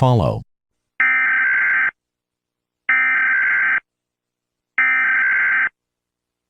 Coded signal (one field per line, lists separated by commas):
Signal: Emergency Alert System (SAME) tones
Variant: header bursts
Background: speech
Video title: Usa Eas (Emergency Alert System) alarm